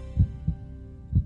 That's the sound of the amazing heart beating at the rhythm of life.